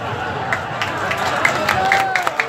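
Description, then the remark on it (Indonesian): A crowd at a political speech claps and cheers in a steady, dense wash of applause, with sharp individual claps popping out over a murmur of voices throughout. “Gak usah saya terus kalau sudah tepuk tangan begini.”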